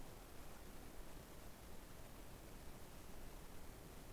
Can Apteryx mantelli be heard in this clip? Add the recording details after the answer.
no. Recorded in New Zealand on 21 November 2014. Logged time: 02:28. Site CL78